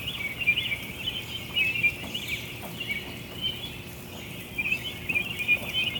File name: Birds Chirping Chstertown MD June 5 2017